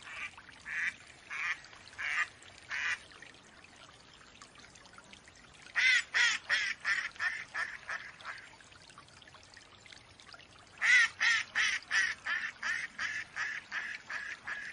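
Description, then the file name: Mallard quacking in bursts: a run of quacks, a pause, then two loud series of rapid quacks, each starting loud and fading in volume. Female mallard (hen) quacking. "Mallard duck quacking call sounds Female Hen"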